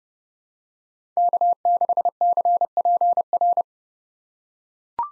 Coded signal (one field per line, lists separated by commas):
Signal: Morse code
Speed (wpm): 32 wpm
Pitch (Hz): 700 Hz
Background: none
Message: K6CPR